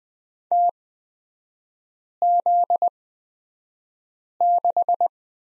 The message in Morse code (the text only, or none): TZ6